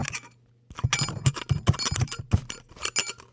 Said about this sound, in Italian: Ecco, non è neanche un richiamo per le mucche o per le capre svizzere, ma se sentite questo tintinnio è che un padiglione della cuffia ha un pezzettino che da giorni è staccato